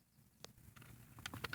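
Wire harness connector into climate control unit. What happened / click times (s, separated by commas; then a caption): Handled, not yet home: the connector is being pushed but has not clearly seated / none. While reinstalling a Ford EATC climate control unit in the dash, a wire harness connector, the one closest to the steering wheel, is pushed toward the back of the unit. Quiet handling rustles and scattered light taps grow louder, ending in a sharp tap at 1.6 s. The connector has not clicked or seated yet.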